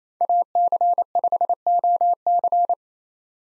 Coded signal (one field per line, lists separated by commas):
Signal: Morse code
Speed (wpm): 28 wpm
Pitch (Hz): 700 Hz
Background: none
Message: AC5OC